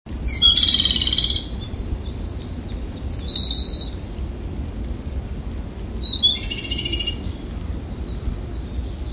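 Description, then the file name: Japanese robin song: three loud, rapid rattling trills, each about a second long, spaced roughly three seconds apart over a steady low background hum. "komadori"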